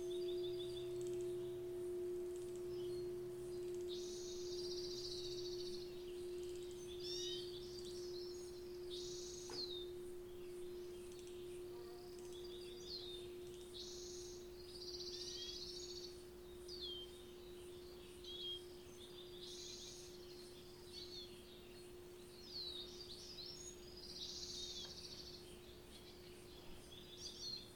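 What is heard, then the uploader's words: Birds chirp and trill in short bright bursts every few seconds, layered over a steady, unbroken ringing tone from a bell that holds at one pitch throughout. A single sharp tap sounds near ten seconds, and a faint low hum drifts underneath early on. Sounds of Nature and Bell Chimes on the Spirit Rock Land. Recorded at Spirit Rock's Upper Meditation Hall.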